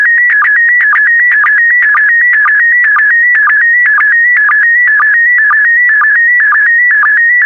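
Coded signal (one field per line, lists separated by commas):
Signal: SSTV (slow-scan television)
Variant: PD120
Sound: warbling tone shifting between pitches, with a short low blip about twice per second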